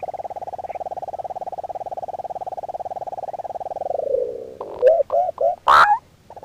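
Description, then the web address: Sand-colored nighthawk song, a long rapid churring purr held level for four seconds, then sliding lower before a few short nasal notes and one loud harsh burst. Song; recorded in the eastern lowlands of South America. "Natures Songs S America Eastern Lowlands. Chordeiles rupestris, song"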